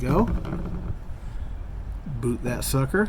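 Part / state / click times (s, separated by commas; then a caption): slide pin rubber boot onto brake caliper bracket pin / not seated / none. During a brake job on a 2015 Town and Country with dual-piston calipers, a rubber slide pin boot is being pushed down over the greased pin on the brake caliper bracket. Someone talks over a low steady background rumble. Nothing has seated or clicked yet.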